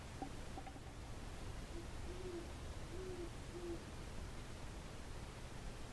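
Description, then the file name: Owl giving a few soft low hoots, preceded by a few faint higher notes, over a steady low rumble. "Owls calling Ashcraft"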